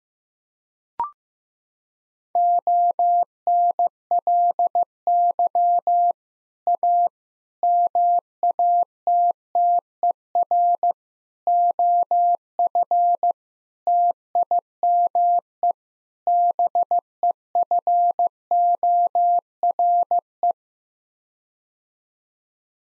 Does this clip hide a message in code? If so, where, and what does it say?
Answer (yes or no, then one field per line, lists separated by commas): yes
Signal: Morse code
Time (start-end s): 2.4-20.5 s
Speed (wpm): 16 wpm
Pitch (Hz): 700 Hz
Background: none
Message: ONLY A MATTER OF TIME BEFORE